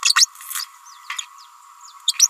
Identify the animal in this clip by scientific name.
Forpus passerinus